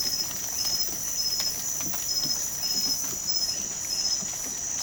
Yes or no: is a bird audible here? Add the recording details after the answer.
no. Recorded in pastures near Puerto Asís, Putumayo, Colombia, on 29 June 2025 at 23:30. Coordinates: 0.472, -76.331. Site G095